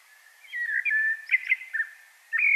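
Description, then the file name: Common blackbird song: a soft, mellow warbled phrase with a few sharp inflections over a faint background hiss, then a louder whistle starting at the end. "Turdus merula"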